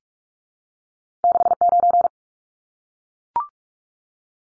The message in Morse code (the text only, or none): 69